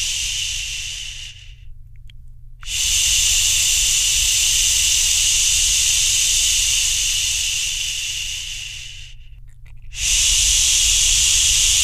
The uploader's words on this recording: Calm Shushing for a Sleepy Baby at Bedtime. Uninterrupted 90 minutes of a real human voice to shush your baby. You'll hear a mix of natural and calming shushing sounds.